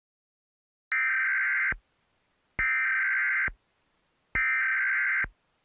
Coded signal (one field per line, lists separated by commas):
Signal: Emergency Alert System (SAME) tones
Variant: header bursts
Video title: EAS test